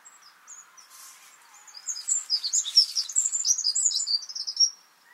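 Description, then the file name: Eurasian wren singing a fast, shrill cascade of trills and twitters that swells after a quiet start and runs for roughly three seconds before stopping. "Troglodytes troglodytes"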